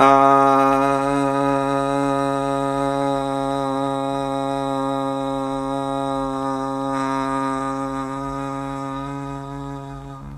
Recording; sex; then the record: sustained vowel /a/; male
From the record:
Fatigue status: no fatigue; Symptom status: asymptomatic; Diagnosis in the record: COVID-19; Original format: m4a